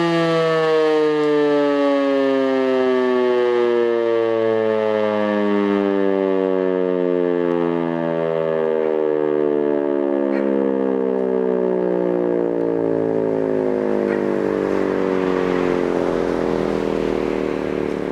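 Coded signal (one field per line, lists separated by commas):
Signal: siren signal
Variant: E57 siren, Feueralarm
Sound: one loud continuous mechanical siren wail, pitch slowly sinking, no pauses in clip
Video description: und dann geht die Sirene zum Signal "Feueralarm" los!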